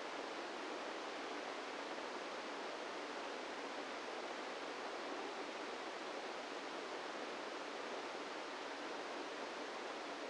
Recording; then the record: brain microelectrode recording played as sound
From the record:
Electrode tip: inside the subthalamic nucleus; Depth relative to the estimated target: -2 mm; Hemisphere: right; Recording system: NeuroSet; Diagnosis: Parkinson's disease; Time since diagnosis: 17 years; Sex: male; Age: 64 years